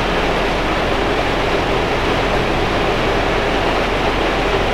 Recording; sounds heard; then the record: poultry house recording; no chicken sound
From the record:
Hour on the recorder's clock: 8